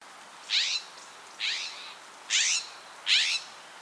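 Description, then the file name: California scrub jay harsh calls: four short rasping notes, each about a third of a second long, repeated roughly once a second over a quiet background. "Aphelocoma californica - California Scrub Jay"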